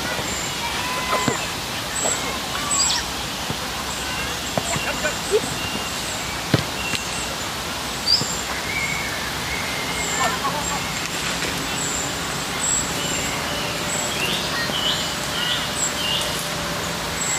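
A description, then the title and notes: A park scene with a steady wash of background noise throughout. Faint bird chirps and a few short whistles surface now and then, along with scattered sharp clicks and knocks around the middle, and a low hum running underneath in the second half. IN THE PARK. We took a walk in our favorite park and figured, that this would be the perfect soundscape! Surrounded by trees, sitting down in the shade and simply letting time pass by.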